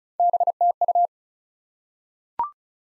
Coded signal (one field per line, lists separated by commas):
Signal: Morse code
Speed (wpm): 34 wpm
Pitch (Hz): 700 Hz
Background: none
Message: BTU